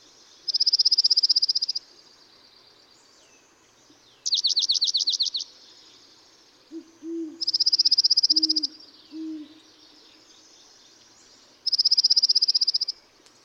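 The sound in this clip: Dark-eyed junco singing three steady, level trills and one trill of sweeping notes, separated by pauses; low hooting notes sound around the third trill.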